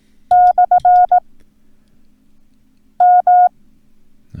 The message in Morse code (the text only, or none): / M